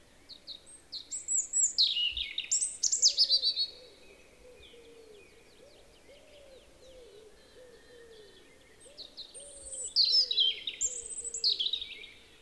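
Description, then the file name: European robin song: high, liquid, warbled phrases at the start and end, with lower repeated notes in the background. "Erithacus rubecula"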